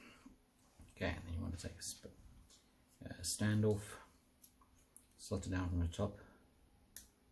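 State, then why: Seated. A metal standoff is slotted down from the top into a carbon-fibre 5-inch FrenZy mini-quad frame and drops into two small machined notches. Someone talks, then a sharp click is heard at 6.97 s as the standoff seats in the notches.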